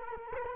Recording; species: mosquito wingbeat signal from an infrared sensor; Culex quinquefasciatus